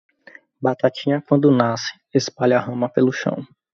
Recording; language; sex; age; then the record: short text; Brazilian Portuguese; male; 20 to 29 years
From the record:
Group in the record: control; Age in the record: 29 years